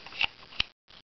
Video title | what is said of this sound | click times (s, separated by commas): Timberline knives +B NeckAngel | you hear how it snaps | 0.6 s